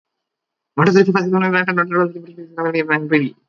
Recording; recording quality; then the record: counting at a fast pace; excellent, no background noise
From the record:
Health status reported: recovered from COVID-19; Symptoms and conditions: none ticked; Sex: male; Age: 18 years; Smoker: not ticked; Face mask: not worn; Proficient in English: yes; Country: India